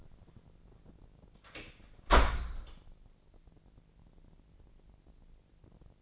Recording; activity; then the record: daily activity, microphone in the room; close door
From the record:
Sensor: 5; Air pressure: 1012.5 hPa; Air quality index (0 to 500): 159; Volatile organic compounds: 2 ppm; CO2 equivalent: 1085 ppm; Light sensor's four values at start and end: 257/625/263/289 and 252/612/258/283